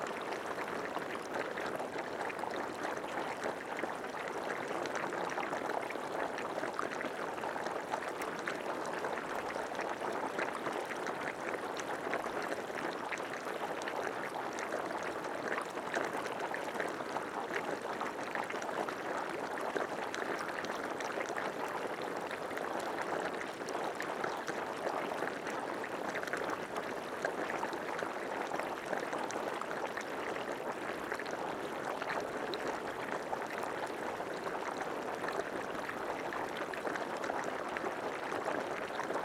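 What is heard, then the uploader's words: Geyser water bubbles and churns without pause, a dense, steady rush of splashing and gurgling centered in the mid range. The level barely changes across the whole stretch, with fine crackling spatter on top and a faint low rumble underneath. Geyser Water Bubbling Noise.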